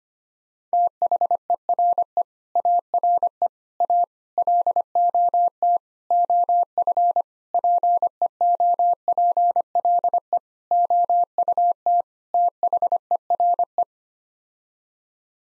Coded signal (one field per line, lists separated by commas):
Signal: Morse code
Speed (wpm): 25 wpm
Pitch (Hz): 700 Hz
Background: none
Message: THERE ARE A LOT OF PEOPLE OUT THERE